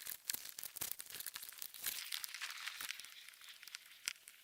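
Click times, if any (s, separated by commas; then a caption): 0.3 s, 4.1 s. A rubber clip-on wiper seal with a plastic clip channel is pressed onto the edge of a Keystone fifth wheel trailer's RV slide-out room, a tight fit. Crinkling, scraping rubbing fills the clip between sharp snaps at 0.3 s and 4.1 s as the seal clips into place. The seal ends up seated on the slide-out edge.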